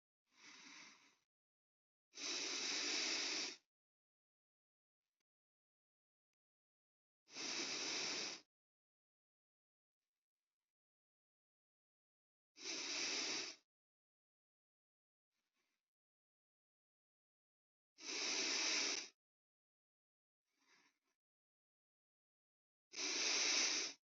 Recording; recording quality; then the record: deep breathing; excellent, no background noise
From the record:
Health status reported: healthy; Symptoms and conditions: diabetes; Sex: male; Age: 54 years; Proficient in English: yes